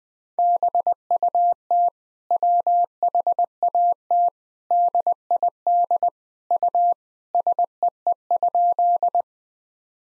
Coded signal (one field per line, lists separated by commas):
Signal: Morse code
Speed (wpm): 20 wpm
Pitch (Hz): 700 Hz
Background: none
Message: BUT WHAT DID U SEE?